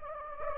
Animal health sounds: mosquito wingbeat signal from an infrared sensor; Anopheles gambiae

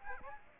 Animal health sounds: mosquito wingbeat signal from an infrared sensor; Aedes aegypti

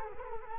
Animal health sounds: mosquito wingbeat signal from an infrared sensor; Culex quinquefasciatus

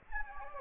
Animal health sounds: mosquito wingbeat signal from an infrared sensor; Anopheles gambiae

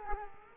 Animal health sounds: mosquito wingbeat signal from an infrared sensor; Culex quinquefasciatus

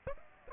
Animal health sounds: mosquito wingbeat signal from an infrared sensor; Aedes aegypti

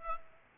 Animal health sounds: mosquito wingbeat signal from an infrared sensor; Aedes aegypti

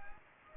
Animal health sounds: mosquito wingbeat signal from an infrared sensor; Anopheles gambiae

